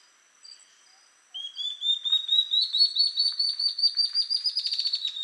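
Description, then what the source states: Ocellated Antbird song: a long series of thin whistled notes climbing steadily in pitch and quickening, after a faint note near the start. Subspecies mcleannani.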